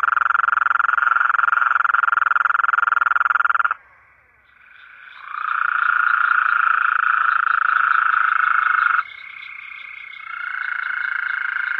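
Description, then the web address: Coastal plain toad trilling: a loud, even buzzy trill held for several seconds, then a pause, and overlapping trills from other toads at slightly different pitches. North America. "Songs of Frogs Toads of North America. Coastal Plain Toad"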